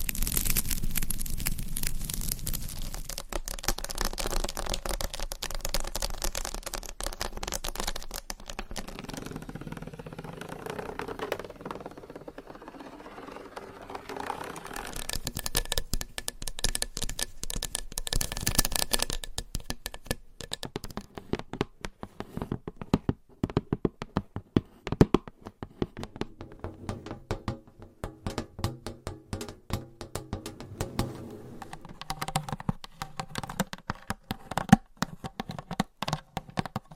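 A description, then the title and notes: Scratching and tapping, with fine crackly strokes over a soft low rumble. The first twenty seconds are a dense, steady rustle; after that the sound turns choppier, broken into quick, irregular taps and brushes with brief pauses. ASMR for ADHD Changing Triggers Every 5 Seconds Scratching , Tapping , Massage & More No Talking.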